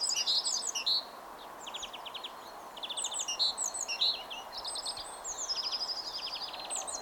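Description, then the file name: Great tit giving repeated buzzy, rasping chatter in short bursts, mixed with high thin whistles and trills, over a steady background hiss. "Parus major"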